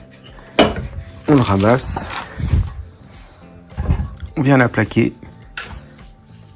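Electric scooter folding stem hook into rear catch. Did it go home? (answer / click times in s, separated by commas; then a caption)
yes / 5.6 s. While unboxing an AOVO T1 PRO electric scooter, someone talks as the folding stem is lowered and pressed flat so its hook snaps onto the rear catch. A sharp click is heard at 5.6 s as the hook seats in the catch and the safety lock is engaged.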